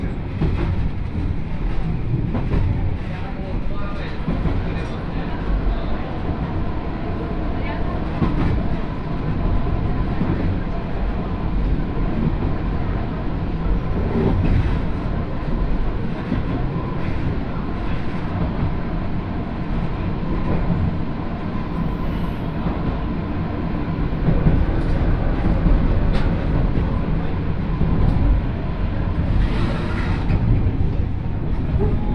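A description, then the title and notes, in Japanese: A local train's interior as it runs along at an easy pace, with a steady low rumble and rhythmic rattling from the carriage. Faint voices come through now and then, and the ride grows slightly louder after about twenty-five seconds. 鉄道旅 予土線 宇和島→近永。予土線の普通列車に乗り換えます。キハ５４のロングシートにもう1両トロッコ車両がついていますが、こちらは途中の江川崎から乗車可能で、それに乗る人たちで混雑しています。北宇和島を出ると山越えに入り次の務田駅までのんびり走ります。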